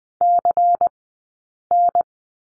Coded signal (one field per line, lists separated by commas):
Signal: Morse code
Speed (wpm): 20 wpm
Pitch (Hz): 690 Hz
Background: none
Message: CN